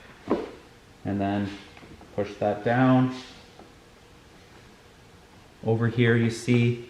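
While rebuilding a Ryobi leaf blower, the plastic throttle cable port is pressed down into the recoil starter housing and snaps in with a sharp click at 0.3 s, seating it. Someone then talks for the rest of the clip.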